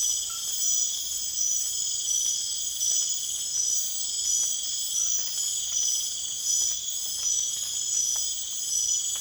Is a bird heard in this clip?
no